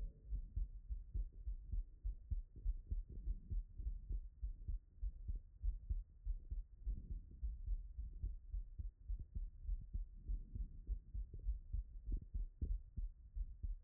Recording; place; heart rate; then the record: heart sounds by stethoscope; Erb's point; 101 bpm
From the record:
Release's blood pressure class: hypertension stage 1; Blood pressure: 131/84 mmHg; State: after exercise